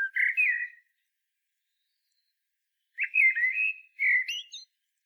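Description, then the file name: Common blackbird, two rich warbling phrases separated by a pause, the second ending in high thin squeaks. "Turdus merula"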